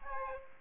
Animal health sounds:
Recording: mosquito wingbeat signal from an infrared sensor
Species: Aedes aegypti

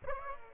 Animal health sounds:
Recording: mosquito wingbeat signal from an infrared sensor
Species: Aedes aegypti

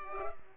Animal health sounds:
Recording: mosquito wingbeat signal from an infrared sensor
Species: Culex pipiens

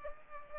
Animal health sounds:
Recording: mosquito wingbeat signal from an infrared sensor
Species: Culex pipiens

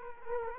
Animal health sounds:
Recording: mosquito wingbeat signal from an infrared sensor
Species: Culex quinquefasciatus

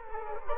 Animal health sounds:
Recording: mosquito wingbeat signal from an infrared sensor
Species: Culex quinquefasciatus

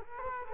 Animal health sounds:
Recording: mosquito wingbeat signal from an infrared sensor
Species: Culex quinquefasciatus

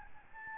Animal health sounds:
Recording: mosquito wingbeat signal from an infrared sensor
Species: Aedes albopictus

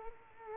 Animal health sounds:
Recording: mosquito wingbeat signal from an infrared sensor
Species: Culex quinquefasciatus

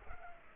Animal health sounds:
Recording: mosquito wingbeat signal from an infrared sensor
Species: Culex pipiens

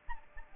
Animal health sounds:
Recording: mosquito wingbeat signal from an infrared sensor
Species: Aedes albopictus

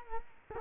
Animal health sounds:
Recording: mosquito wingbeat signal from an infrared sensor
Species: Culex quinquefasciatus

